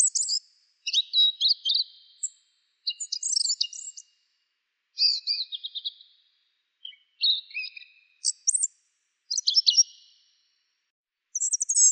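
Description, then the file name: Asian brown flycatcher: high-pitched scratchy twitters in separate short phrases, some with lower thin notes, with silent gaps between them. "sikatan bubik"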